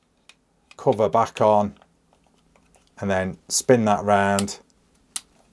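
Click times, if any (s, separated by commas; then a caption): 5.2 s. Someone talks while the rotary cover is put back onto the pellet magazine of an FX Impact M3 (sub 12 ft-lb) air rifle and spun round, with a few faint small handling ticks in between. At 5.2 s the cover locks in place with a single sharp click, and the magazine cover is seated.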